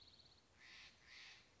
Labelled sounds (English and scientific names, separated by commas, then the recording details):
Steller's Jay (Cyanocitta stelleri)
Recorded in Sonoma County, California